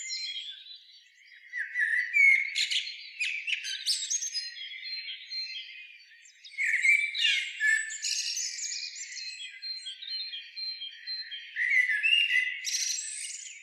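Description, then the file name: Eurasian blackbird with jumbled phrases of sharp chirps, whistled notes and high squeaky twitters, bursting out repeatedly after short lulls. "Turdus merula"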